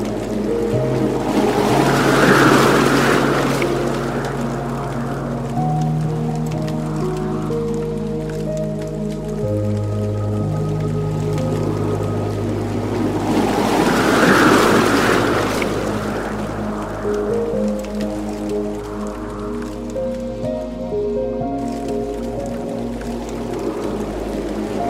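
Steady rain patters while soft, sustained chime tones ring and overlap, with gusty swells building around two and fourteen seconds.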